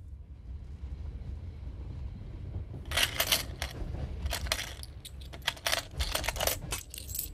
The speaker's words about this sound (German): Hab nur das Geld in der Kasse nachgezählt. Leg das Geld wieder rein. Ich wollte mich nur überzeugen, dass nichts fehlt.